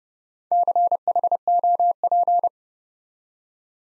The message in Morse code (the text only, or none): CHOP